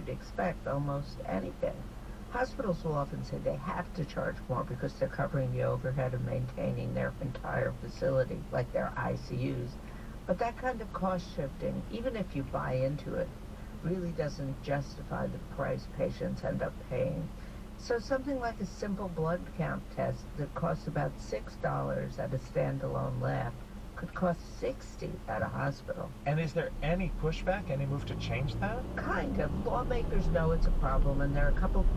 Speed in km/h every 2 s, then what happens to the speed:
0, 0, 0, 0, 0, 0, 0, 0, 0, 0, 0, 0, 0, 0, 13, 21.
0-27 standing. 27-32 pulls away to 21.